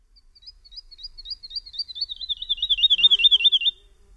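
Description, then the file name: Woodlark song: a long accelerating series of mellow, looping notes that swells in loudness and slides lower, ending in a rapid rippling trill. "LERKA"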